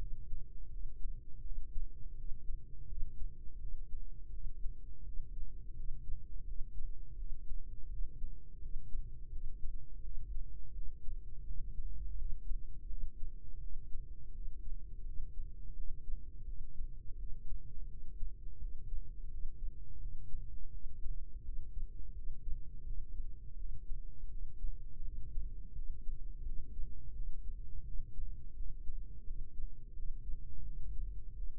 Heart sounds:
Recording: heart sounds by microphone in the right ear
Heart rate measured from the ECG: 84 bpm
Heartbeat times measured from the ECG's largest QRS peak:
0.69 s: heartbeat
1.42 s: heartbeat
2.15 s: heartbeat
2.86 s: heartbeat
3.58 s: heartbeat
4.30 s: heartbeat
5.03 s: heartbeat
5.74 s: heartbeat
6.45 s: heartbeat
7.16 s: heartbeat
7.88 s: heartbeat
8.60 s: heartbeat
9.30 s: heartbeat
10.01 s: heartbeat
10.72 s: heartbeat
11.44 s: heartbeat
12.16 s: heartbeat
12.87 s: heartbeat
13.59 s: heartbeat
14.32 s: heartbeat
15.04 s: heartbeat
15.74 s: heartbeat
16.45 s: heartbeat
17.16 s: heartbeat
17.87 s: heartbeat
18.58 s: heartbeat
19.29 s: heartbeat
19.99 s: heartbeat
20.71 s: heartbeat
21.43 s: heartbeat
22.13 s: heartbeat
22.84 s: heartbeat
23.56 s: heartbeat
24.29 s: heartbeat
25.02 s: heartbeat
25.73 s: heartbeat
26.43 s: heartbeat
27.13 s: heartbeat
27.84 s: heartbeat
28.54 s: heartbeat
29.25 s: heartbeat
29.94 s: heartbeat
30.63 s: heartbeat
31.34 s: heartbeat
From the record:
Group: healthy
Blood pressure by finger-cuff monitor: 105/72 mmHg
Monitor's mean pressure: 85 mmHg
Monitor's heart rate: 84 bpm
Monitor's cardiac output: 4.9 L/min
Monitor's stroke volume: 58 mL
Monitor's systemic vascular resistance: 1270 dyn s/cm5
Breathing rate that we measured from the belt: 17 breaths a minute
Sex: female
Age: 51 years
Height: 162 cm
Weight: 70.04 kg

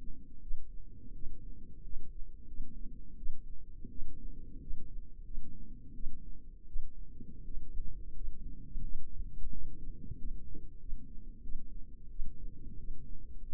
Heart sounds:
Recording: heart sounds by microphone in the left ear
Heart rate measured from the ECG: 88 bpm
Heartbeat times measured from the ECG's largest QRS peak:
0.42 s: heartbeat
1.14 s: heartbeat
1.84 s: heartbeat
2.47 s: heartbeat
3.17 s: heartbeat
3.90 s: heartbeat
4.61 s: heartbeat
5.25 s: heartbeat
5.94 s: heartbeat
6.67 s: heartbeat
7.45 s: heartbeat
8.15 s: heartbeat
8.82 s: heartbeat
9.51 s: heartbeat
10.18 s: heartbeat
10.79 s: heartbeat
11.43 s: heartbeat
12.09 s: heartbeat
12.78 s: heartbeat
13.43 s: heartbeat
From the record:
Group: healthy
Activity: rest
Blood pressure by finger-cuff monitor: 121/78 mmHg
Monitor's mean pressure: 89 mmHg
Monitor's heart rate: 87 bpm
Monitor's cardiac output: 6.7 L/min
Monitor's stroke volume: 77 mL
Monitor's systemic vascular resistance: 960 dyn s/cm5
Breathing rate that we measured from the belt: 21 breaths a minute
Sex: female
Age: 22 years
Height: 163 cm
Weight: 67.1 kg

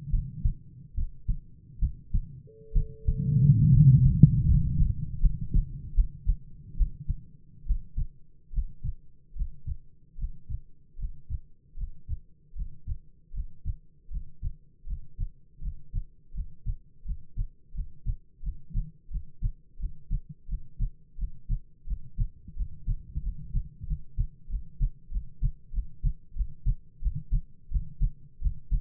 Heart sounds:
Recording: heart sounds by stethoscope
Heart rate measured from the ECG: 81 bpm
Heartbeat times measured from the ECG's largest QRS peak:
0.10 s: heartbeat
0.94 s: heartbeat
1.79 s: heartbeat
2.72 s: heartbeat
3.70 s: heartbeat
4.45 s: heartbeat
5.20 s: heartbeat
5.94 s: heartbeat
6.76 s: heartbeat
7.65 s: heartbeat
8.51 s: heartbeat
9.34 s: heartbeat
10.16 s: heartbeat
10.97 s: heartbeat
11.75 s: heartbeat
12.54 s: heartbeat
13.32 s: heartbeat
14.09 s: heartbeat
14.85 s: heartbeat
15.60 s: heartbeat
16.32 s: heartbeat
17.03 s: heartbeat
17.72 s: heartbeat
18.41 s: heartbeat
19.09 s: heartbeat
19.77 s: heartbeat
20.47 s: heartbeat
21.16 s: heartbeat
21.85 s: heartbeat
22.54 s: heartbeat
23.21 s: heartbeat
23.85 s: heartbeat
24.48 s: heartbeat
25.10 s: heartbeat
25.72 s: heartbeat
26.34 s: heartbeat
27.00 s: heartbeat
27.69 s: heartbeat
28.40 s: heartbeat
From the record:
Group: healthy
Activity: rest 0-5 s, breath hold 5-29 s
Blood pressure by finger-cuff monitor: 90/70 mmHg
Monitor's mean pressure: 75 mmHg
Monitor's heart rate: 80 bpm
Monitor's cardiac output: 7.5 L/min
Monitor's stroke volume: 86 mL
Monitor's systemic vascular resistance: 700 dyn s/cm5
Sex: male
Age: 22 years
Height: 185 cm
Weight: 112.4 kg

